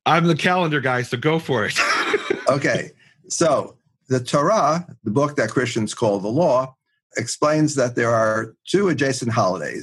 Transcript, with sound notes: I’m the calendar guy, so go for it. [laughing]
So, the Torah, the book that Christians call The Law, explains that there are two adjacent holidays.